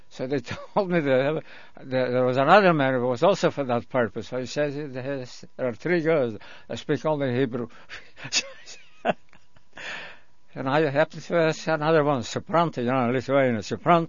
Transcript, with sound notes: So they told me, there was another man that was also for that purpose. I said there are three girls that speak only Hebrew. ( he laughs ) And I happen to say another one -- supranta, you know Lithuanian -- supranto.